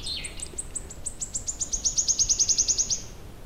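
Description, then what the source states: Wood warbler song: several high, separate ticking notes that speed up into a rapid shivering trill lasting over a second, over light background hiss. Heard in a lush mixed spring grove of birch, alder and spruce in Kirkkonummi, Finland, around Mother's Day.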